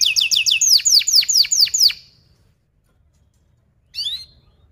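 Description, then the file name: Canary song: a rapid series of descending chirps for about two seconds, a silence, then a brief burst of chirps. Canary song described as gacor, fast and tightly packed chirping with sharp rolling phrases. "Suara Kenari Gacor Speed Rapat Cuit Cuit Ngerol Tajam"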